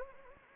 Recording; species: mosquito wingbeat signal from an infrared sensor; Anopheles gambiae